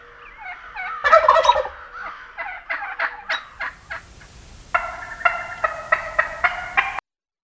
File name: Wild Turkey